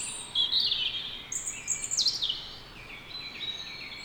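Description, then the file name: European robin song of short, high, tinkling phrases with quick pitch jumps, separated by brief pauses, and steady hiss behind. "Erithacus rubecula"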